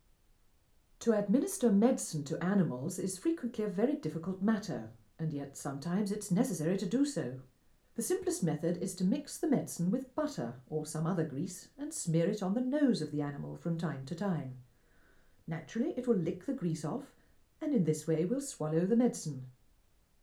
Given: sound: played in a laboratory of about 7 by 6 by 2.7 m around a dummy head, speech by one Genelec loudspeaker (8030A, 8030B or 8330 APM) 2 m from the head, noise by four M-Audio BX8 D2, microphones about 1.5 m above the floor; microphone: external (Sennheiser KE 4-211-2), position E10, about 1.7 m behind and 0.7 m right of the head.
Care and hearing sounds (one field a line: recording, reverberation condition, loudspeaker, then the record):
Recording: female speech in English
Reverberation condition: low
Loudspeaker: 120 degrees to the right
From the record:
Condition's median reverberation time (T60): about 310 ms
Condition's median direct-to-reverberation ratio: about 3.5 dB